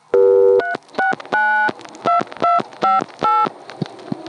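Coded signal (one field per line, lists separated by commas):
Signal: DTMF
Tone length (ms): 160 ms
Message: 3692258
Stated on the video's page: Multi-frequency signalling from an NX1 crossbar exchange.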